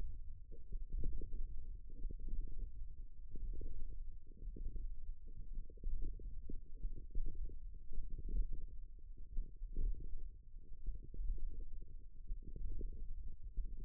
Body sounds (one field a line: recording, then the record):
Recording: forearm muscle sounds (acoustic myography)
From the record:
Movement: index flexion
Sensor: system 1, eight BSWA MPA416 microphones around the upper forearm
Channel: 6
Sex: female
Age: 20 years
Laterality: right